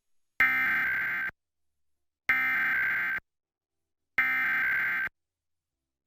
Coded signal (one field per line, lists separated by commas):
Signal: Emergency Alert System (SAME) tones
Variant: header bursts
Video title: Various Emergency Alert System (EAS) Tests - Week of 9/6/2021